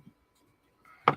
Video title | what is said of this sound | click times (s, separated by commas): Live StarDesk Assembly | so it locks into place | 1.1 s